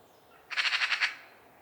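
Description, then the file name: Eurasian magpie giving a short harsh chatter of several rapid rattling notes, lasting well under a second, with a quiet background. "Pica pica"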